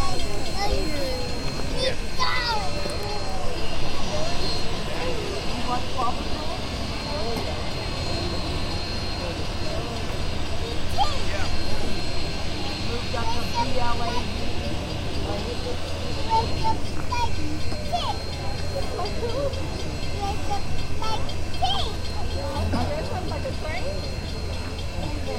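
Union Pacific 844 and Big Boy at Pacific, Missouri: a steady, dense low rumble and hum runs throughout while many voices chatter over it. Short tonal squeaks and clinks rise above the noise near two seconds and again around sixteen seconds.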